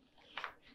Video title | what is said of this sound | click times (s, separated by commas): Holstering For Intermediate To Advanced Shooters (Suck Less Saturday) | slowly reluctantly back into the holster i hear it click | 0.4 s